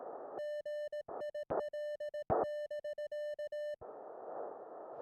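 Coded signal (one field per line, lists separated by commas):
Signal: Morse code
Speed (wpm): 18 wpm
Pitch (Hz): 1800 Hz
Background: music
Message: GIL <BK>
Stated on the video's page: Field CW sent on a K1 radio at the beach on a very windy day, in challenging conditions.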